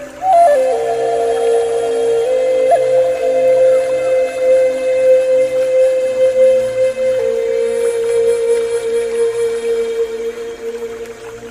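A pan flute plays a slow, breathy melody of long held notes, stepping down at the start and sustaining tones that shift only a few times. Beneath it runs a soft, steady low hum, with faint airy hiss throughout and no clear breaks.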